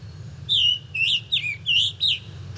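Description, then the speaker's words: Scarlet Tanager song: five burry, slurred phrases in quick succession, each a short rough warble, over a steady low hum. Sings high in the tree canopy. "well, that scarlet tanager is still up there singing away."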